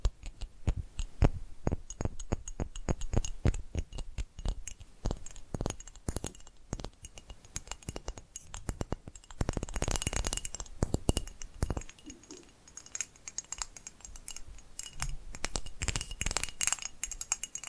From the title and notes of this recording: ASMR Tapping Different Areas of Your Brain 3D Panning Triggers (No Talking).